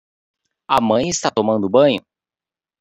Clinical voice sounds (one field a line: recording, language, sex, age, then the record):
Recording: short text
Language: Brazilian Portuguese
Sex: male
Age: 30 to 39 years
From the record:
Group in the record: control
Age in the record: 35 years